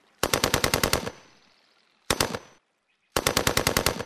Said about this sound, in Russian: Внезапно взорвав утреннюю тишину и вспугнув птиц, три короткие очереди из плотных зарослей у подножия сопки выбили из лодки сразу двоих.